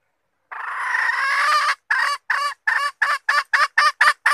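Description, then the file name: Red junglefowl hen opens with a drawn-out raspy note, then breaks into about nine short clucks, roughly four per second. Hen (female) calling to find a mate. "tieng ga rung mai keu tim kiem ban tinh"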